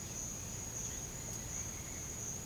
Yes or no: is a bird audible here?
no